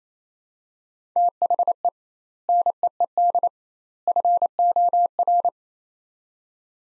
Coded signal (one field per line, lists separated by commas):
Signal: Morse code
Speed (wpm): 27 wpm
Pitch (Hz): 700 Hz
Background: none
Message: THE NEED FOR